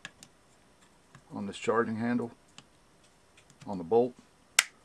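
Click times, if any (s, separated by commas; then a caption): 4.6 s. Someone talks while pulling back the bolt of a Marlin Model 60 .22 rifle slightly and pushing its metal charging handle onto the bolt, with a few faint ticks along the way. At 4.6 s the charging handle snaps sharply into place on the bolt and is seated. The bolt is released only after this pop, because releasing it sooner can damage the ejector spring.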